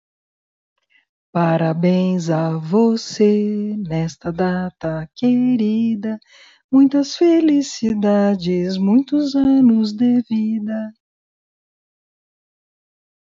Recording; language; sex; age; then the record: short text; Brazilian Portuguese; female; 50 to 59 years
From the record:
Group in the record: control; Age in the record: 56 years